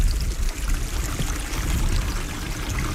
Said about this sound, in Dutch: Maar wat ook opvalt, dit is een nat bos. Overal watergeluiden door de vele kanalen, pijpen en overloopjes die nodig waren voor de modellen.